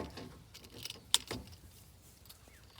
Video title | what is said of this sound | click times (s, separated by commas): 6 hectare paddock preparation for cattle | That locks in place. | 1.1 s